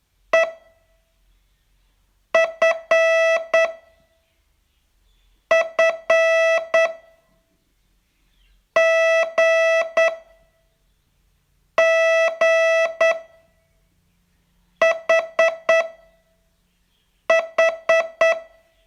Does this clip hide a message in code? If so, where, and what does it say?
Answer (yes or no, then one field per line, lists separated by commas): yes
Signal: Morse code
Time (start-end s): 0.3-18.3 s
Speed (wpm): 9 wpm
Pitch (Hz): 660 Hz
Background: music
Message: E F F G G H H